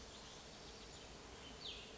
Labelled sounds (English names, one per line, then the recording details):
Cassin's Vireo
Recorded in Sonoma County, California